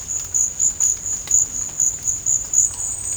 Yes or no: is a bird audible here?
no